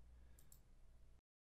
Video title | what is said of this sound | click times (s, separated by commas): How to install a Home Master TMULTRA with Permeate Pump Reverse Osmosis Water Filter System | I push the pump in and again it locks right in | 0.4 s, 0.5 s